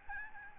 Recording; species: mosquito wingbeat signal from an infrared sensor; Aedes albopictus